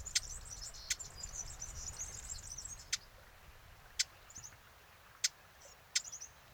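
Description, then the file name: Eurasian blackcap calling with sharp, isolated tac clicks at irregular intervals, alongside a thin high twittering chatter and low background rumble. "Sylvia atricapilla"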